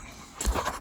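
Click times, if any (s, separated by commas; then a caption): 0.4 s. A dash trim piece, probably the turn-signal indicator part of the steering column or dash, is slid down over its mount on a Bronco's dash and pressed until it snaps into place. After a quiet stretch, a sharp snap is heard at 0.4 s, followed by a few softer knocks. The piece is seated.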